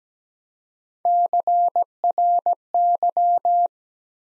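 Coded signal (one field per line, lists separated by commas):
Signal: Morse code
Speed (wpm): 17 wpm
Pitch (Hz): 700 Hz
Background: none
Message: CRY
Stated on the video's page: Morse practice set at 17 wpm, sending 3-letter words one letter at a time for instant character recognition.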